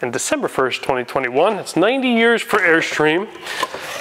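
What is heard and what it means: Someone talks throughout while handling the entry door of a 2022 Airstream Caravel 19CB travel trailer, which swings open around toward the hold-open latch on the trailer body. The door's hold-open catch has not yet locked in place, and nothing has seated or clicked by the end of the clip.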